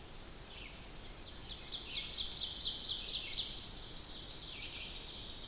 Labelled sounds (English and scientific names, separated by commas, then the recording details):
Ovenbird (Seiurus aurocapilla) song
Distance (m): 50 m
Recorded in boreal forest in Alberta, Canada, on 2 June 2016 at 07:33
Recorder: SongMeter 3, array SBT-3-7
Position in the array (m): 50 m, 153 m
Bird 4